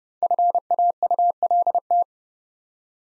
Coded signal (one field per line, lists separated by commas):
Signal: Morse code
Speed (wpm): 29 wpm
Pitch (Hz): 700 Hz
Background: none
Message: FAULT